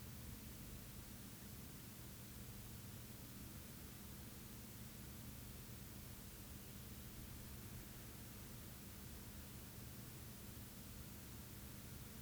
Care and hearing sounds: daily activity, guitar pickup as the sensor; stand

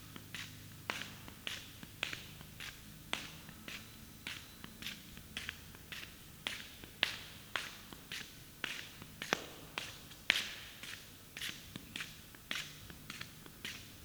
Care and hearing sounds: daily activity, guitar pickup as the sensor; walk

